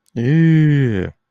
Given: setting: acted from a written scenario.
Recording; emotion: vocal sound without words; disgust